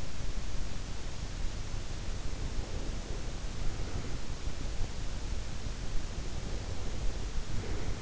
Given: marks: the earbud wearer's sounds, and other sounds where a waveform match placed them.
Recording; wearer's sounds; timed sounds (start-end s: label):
sounds in sleep by an in-ear microphone; breath
2.24-4.25 s: breath
6.37-8.02 s: breath